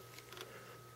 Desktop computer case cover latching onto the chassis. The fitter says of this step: and click both sides down